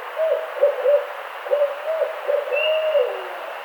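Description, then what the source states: Barred owl hooting in a rhythmic series of low, slurred hoots, ending in a drawn-out descending note; a thin high whistle is heard briefly near the end. Recorded 18 April 2009.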